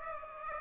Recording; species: mosquito wingbeat signal from an infrared sensor; Aedes aegypti